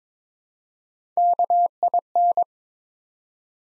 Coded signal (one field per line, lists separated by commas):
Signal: Morse code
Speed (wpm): 22 wpm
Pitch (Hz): 700 Hz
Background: none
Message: KIN